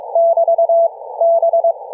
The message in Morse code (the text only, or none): <BT> B